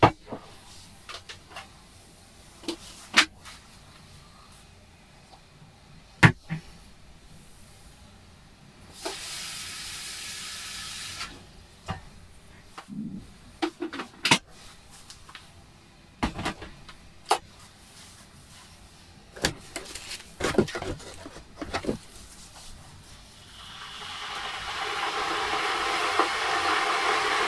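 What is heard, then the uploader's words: Making a morning cup of tea: sharp clinks and taps, a short hiss of steam near ten seconds, and a louder rushing hiss at the end. A morning cup of tea - Apartment 16, Mowbray House. Part of the Sound Map Of Harrogate.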